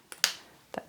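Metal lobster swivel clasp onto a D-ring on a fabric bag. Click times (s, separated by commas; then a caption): 0.2 s. A metal swivel lobster clasp on a fabric bag strap is clipped onto its D-ring attachment. There is a soft tick at 0.1 s, then a sharp snap at 0.2 s as the clasp clicks into place, followed by a duller knock near 0.8 s. The clasp is seated on the ring.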